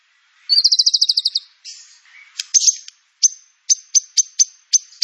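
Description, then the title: White-rumped shama song, a fast rattling trill of repeated high notes, then varied squeaks and a run of sharp, evenly spaced chipping notes. Lure (pancingan) and song-filler training material for murai batu. "PANCINGAN MURAI BATU. MURAI BATU FULL MATERI ISIAN"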